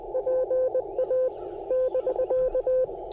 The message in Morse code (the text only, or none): PA <BK>